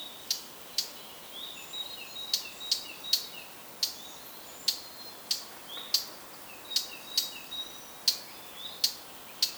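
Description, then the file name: Eurasian blackcap calls: hard clicking tacks at fairly even intervals, with faint warbling in the background. "Sylvia atricapilla"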